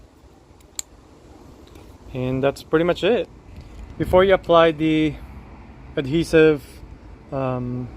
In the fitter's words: make sure you hear a click